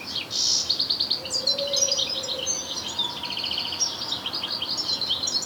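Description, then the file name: European goldfinch twittering, a near-continuous stream of rapid, liquid, tinkling notes with buzzy trills, alongside a soft low tone partway through. "Carduelis carduelis"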